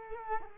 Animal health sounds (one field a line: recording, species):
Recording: mosquito wingbeat signal from an infrared sensor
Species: Culex quinquefasciatus